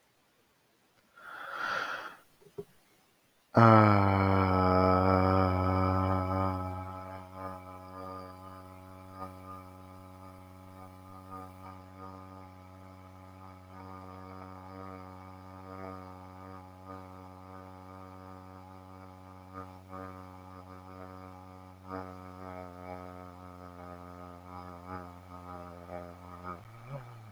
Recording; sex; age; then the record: vowel held as long as possible; male; 50 to 59 years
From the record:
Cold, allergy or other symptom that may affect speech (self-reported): no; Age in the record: 52 years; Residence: Massachusetts, United States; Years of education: 12